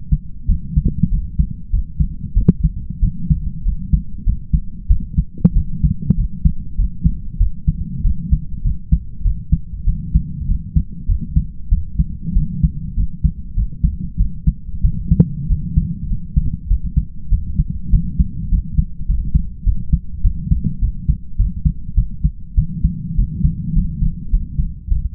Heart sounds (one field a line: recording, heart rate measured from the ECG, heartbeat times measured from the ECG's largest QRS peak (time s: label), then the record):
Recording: heart sounds by stethoscope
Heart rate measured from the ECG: 98 bpm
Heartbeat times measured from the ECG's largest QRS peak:
0.47 s: heartbeat
1.10 s: heartbeat
1.71 s: heartbeat
2.34 s: heartbeat
3.00 s: heartbeat
3.64 s: heartbeat
4.24 s: heartbeat
4.88 s: heartbeat
5.54 s: heartbeat
6.16 s: heartbeat
6.76 s: heartbeat
7.38 s: heartbeat
8.02 s: heartbeat
8.62 s: heartbeat
9.23 s: heartbeat
9.85 s: heartbeat
10.47 s: heartbeat
11.07 s: heartbeat
11.69 s: heartbeat
12.34 s: heartbeat
12.95 s: heartbeat
13.55 s: heartbeat
14.17 s: heartbeat
14.82 s: heartbeat
15.48 s: heartbeat
16.08 s: heartbeat
16.68 s: heartbeat
17.30 s: heartbeat
17.91 s: heartbeat
18.49 s: heartbeat
19.07 s: heartbeat
19.64 s: heartbeat
20.22 s: heartbeat
20.80 s: heartbeat
21.37 s: heartbeat
21.95 s: heartbeat
22.55 s: heartbeat
23.16 s: heartbeat
23.74 s: heartbeat
24.31 s: heartbeat
24.88 s: heartbeat
From the record:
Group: healthy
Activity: light exercise 0-21 s, rest 21-25 s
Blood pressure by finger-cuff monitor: 123/64 mmHg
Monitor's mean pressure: 77 mmHg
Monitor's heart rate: 97 bpm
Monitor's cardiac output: 7.3 L/min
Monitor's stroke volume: 75 mL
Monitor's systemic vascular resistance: 770 dyn s/cm5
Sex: male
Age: 20 years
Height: 167 cm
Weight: 61 kg